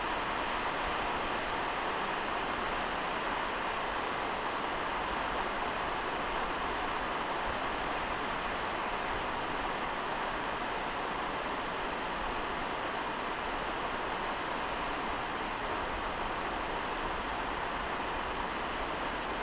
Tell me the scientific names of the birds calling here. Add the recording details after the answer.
none. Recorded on Arctic tundra, site NAIT-1, on 29 June 2018. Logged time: 01:00